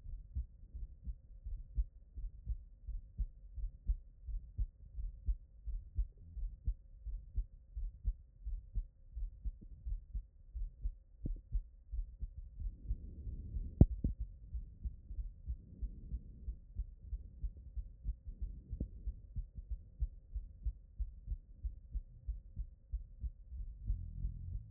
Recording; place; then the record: heart sounds by stethoscope; tricuspid valve (TV)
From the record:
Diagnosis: non-HFrEF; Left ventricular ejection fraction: 61%